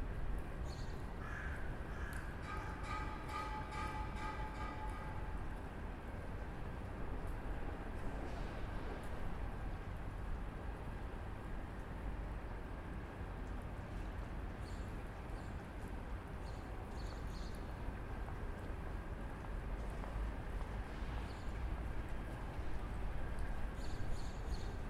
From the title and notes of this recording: The Calm City. Recorded in Torvalmenningen in Bergen. This is a Binaural mixdown from 1st order ambisonic.